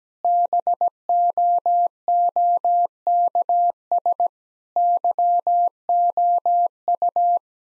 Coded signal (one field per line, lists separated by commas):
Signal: Morse code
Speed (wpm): 17 wpm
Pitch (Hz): 700 Hz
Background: none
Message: BOOKS YOU